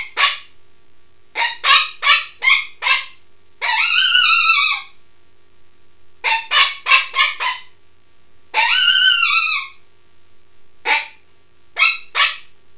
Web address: coyote